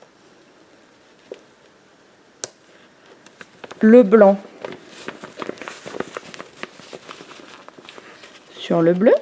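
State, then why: Seated. A black plastic snap fastener is set on a fabric hole of a lunch bag, and the snap pieces are squeezed together with snap pliers. After a quiet stretch with a faint tick, a single sharp snap at 2.4 s shows the fastener pressed home and seated. Then come light crinkling and handling taps while someone talks.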